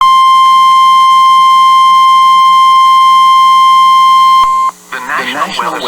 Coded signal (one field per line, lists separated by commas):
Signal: Emergency Alert System (SAME) tones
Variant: 1050 Hz attention tone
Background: speech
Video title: EAS #3: Severe Thunderstorm Warning Will County in Illinois